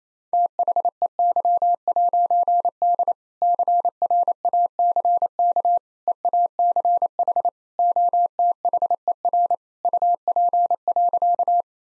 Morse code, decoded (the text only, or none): THEY'D CRACK EACH OTHER UP.